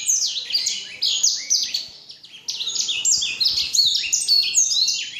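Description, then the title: Black-throated canary singing steady high warbling phrases of quick sweeping notes and trills, with a brief soft dip before the song picks up again. Exceptional black-throated canary from Jombang. "Burung blackthroat Istimewa dari Jombang"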